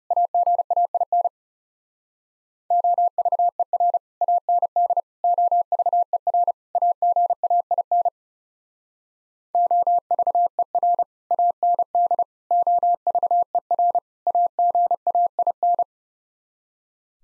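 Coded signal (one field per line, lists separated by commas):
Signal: Morse code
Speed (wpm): 40 wpm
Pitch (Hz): 700 Hz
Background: none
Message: AGAIN OVER AND OVER AGAIN OVER AND OVER AGAIN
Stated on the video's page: Morse practice of four-word sets in speed-racing format, starting fast and slowing to a 30 wpm base, top speed 1.5 times base, final repeat at maximum speed.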